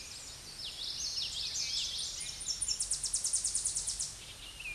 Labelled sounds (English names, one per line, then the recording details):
Tennessee Warbler song
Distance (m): 20 m
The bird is about 15 m above the microphone
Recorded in a Pennsylvania forest on 16 May 2024 at 07:35
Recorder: AudioMoth, point MSD-2304
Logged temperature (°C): 16.0 °C
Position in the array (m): 215 m, 161 m